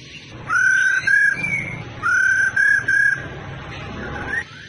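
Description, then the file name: Laughingthrush giving two bright whistled phrases, each a short run of steady notes. Female laughingthrush sound (khướu mái rô) used to stimulate male birds to sing. "Tieng khuou mai ro kich trong hot"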